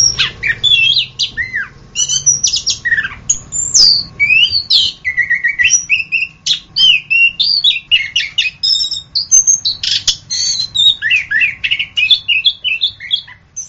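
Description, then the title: Orange-headed thrush song: long, rapid series of varied whistles, squeaky notes and harsh chatters, continuing without long pauses. "anis kembang"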